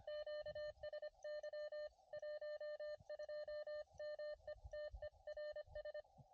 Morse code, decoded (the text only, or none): QSY 12 METERS